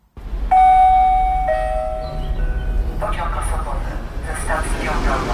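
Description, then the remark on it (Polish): A Koleje Mazowieckie commuter train in Poland pulls in with a heavy, steady low rumble. A sustained two-note tonal horn sounds early on, then gives way to hissing and clattering as the cars roll by. “O, jedzie nasz rekordzista.”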